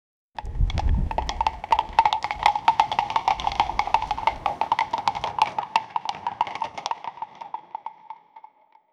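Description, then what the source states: Horse hoofbeats: a rapid, uneven clatter of hard clops, about three a second, over a steady ringing tone, fading out toward the end. Kings arriving on horses.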